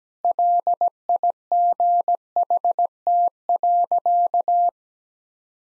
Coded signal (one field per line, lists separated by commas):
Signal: Morse code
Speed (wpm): 17 wpm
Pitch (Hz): 700 Hz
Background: none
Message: LIGHT.